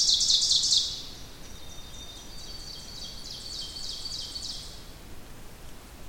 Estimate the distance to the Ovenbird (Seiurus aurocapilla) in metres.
about 70 m